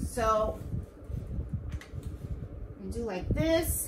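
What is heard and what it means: A hooped quilted blanket, its back lifted so it won't bunch up, is being handled toward the carriage arm of an embroidery machine while someone talks, with only faint handling noise underneath. Nothing has seated or clicked into place yet.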